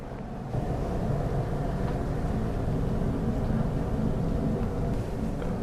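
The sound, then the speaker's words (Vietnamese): A farming tractor engine in the Czech Republic runs steadily, a dense low rumble with a throbbing mechanical drone that holds constant for several seconds, briefly easing near the end, with no talking over it. “Cái này là cái máy cày nè.”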